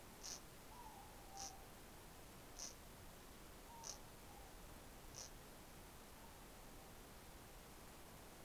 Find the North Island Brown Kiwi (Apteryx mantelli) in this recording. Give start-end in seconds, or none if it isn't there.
none